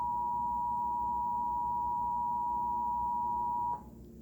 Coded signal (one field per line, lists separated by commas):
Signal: Emergency Alert System (SAME) tones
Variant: 853 and 960 Hz attention tone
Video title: NATIONAL PERIODIC TEST!!! (EAS #13)